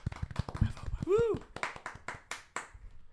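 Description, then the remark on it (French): A small group claps briefly in uneven, sharp bursts, applauding their golf season, while someone lets out a short rising-and-falling whoop and other voices chatter. “Fait que je propose qu'on s'applaudisse notre saison de golf, tout le monde.”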